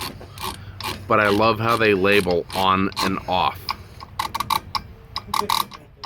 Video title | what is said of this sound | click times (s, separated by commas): 2006 Ford F250 rear hub axle seal replacement | there's the clicking 60 foot pounds is not very much so | 4.2 s, 4.8 s